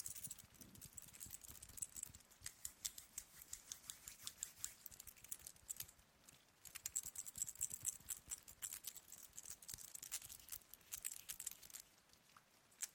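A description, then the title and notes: A hand moves and rubs, a ring clicking and ticking in quick bright bursts, with a brief tinkling near eight seconds. ASMR Hypnotic Hand Movements with Ring Sounds.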